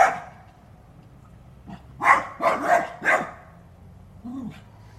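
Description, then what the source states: Dog barking: a soft bark, then a quick burst of four loud, sharp barks close together, followed by a short lower yelp near the end. A watchdog barking.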